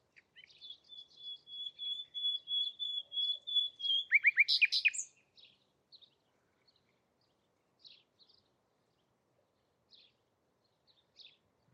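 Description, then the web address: Bird song, a long steady whistled note building in loudness, then a burst of sharp chirps, followed by scattered soft ticks. "Bird Only"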